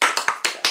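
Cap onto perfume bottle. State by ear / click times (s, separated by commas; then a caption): not seated / none. A plastic top is pressed onto a perfume bottle, giving five short, sharp taps at about 0.0, 0.2, 0.3, 0.5 and 0.6 s. The cap does not snap into place and will not stay on; nothing has clicked or seated.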